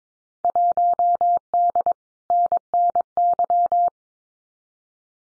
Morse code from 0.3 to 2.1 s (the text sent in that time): 1D